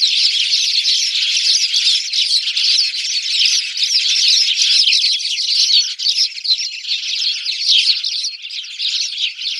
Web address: Schulze Peter Spanish Sparrow calls